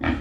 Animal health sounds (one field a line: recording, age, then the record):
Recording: pig call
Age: growing-finishing pig (85 days or more)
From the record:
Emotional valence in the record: negative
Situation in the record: barren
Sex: female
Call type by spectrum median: low-frequency call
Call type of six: low-frequency tonal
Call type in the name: low-frequency modulated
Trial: 1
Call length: 0.22 s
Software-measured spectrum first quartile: 211 Hz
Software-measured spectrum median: 496 Hz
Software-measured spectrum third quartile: 1479 Hz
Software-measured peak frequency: 269 Hz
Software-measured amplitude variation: 150 dB a second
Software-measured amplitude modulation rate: 20.8 a second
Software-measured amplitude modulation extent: 7.2 dB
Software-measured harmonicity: 1.1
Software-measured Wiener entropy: -1.74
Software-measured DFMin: 514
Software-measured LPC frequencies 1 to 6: 1146, 1777, 2357, 3227, 4872, 5799 Hz